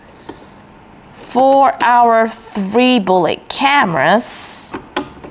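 RJ45 Ethernet cables for three bullet cameras are handled at the ports of an outdoor PoE switch while someone talks. Small ticks come at 0.3 s and near 5.2 s, but no plug has seated or clicked into a port yet.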